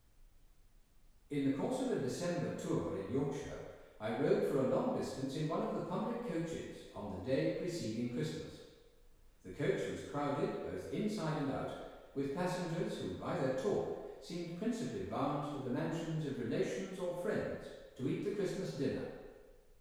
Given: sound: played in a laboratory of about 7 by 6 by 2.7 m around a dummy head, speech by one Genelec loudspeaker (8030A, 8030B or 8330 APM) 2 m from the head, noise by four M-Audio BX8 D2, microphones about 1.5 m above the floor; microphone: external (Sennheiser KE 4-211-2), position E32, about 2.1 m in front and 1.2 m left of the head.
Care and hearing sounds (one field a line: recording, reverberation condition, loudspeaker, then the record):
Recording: male speech in English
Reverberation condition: high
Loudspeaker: 30 degrees to the right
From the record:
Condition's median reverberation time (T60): about 1300 ms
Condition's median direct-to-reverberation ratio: about -4.0 dB